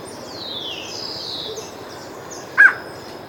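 Bird call: a long, thin whistle gliding down from high to lower pitch, then quiet hiss and one brief sharp click near the end.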